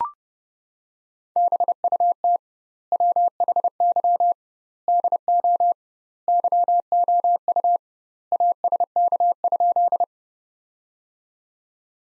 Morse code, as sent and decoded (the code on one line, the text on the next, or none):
-... ..- - / .-- .... -.-- / -.. --- / -.-- --- ..- / .- ... -.- ..--..
BUT WHY DO YOU ASK?